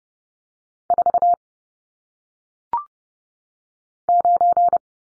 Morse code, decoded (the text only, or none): 4 9